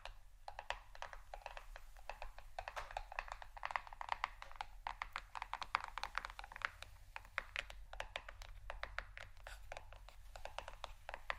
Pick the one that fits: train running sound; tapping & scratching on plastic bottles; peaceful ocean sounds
tapping & scratching on plastic bottles